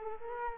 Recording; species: mosquito wingbeat signal from an infrared sensor; Culex quinquefasciatus